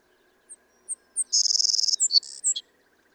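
Savannah sparrow song: three thin, very high introductory notes, then a dense buzzy trill and a short lower buzzy ending.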